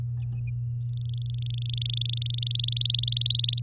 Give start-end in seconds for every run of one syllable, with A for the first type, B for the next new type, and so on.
0.85-2.44 A, 2.46-3.60 B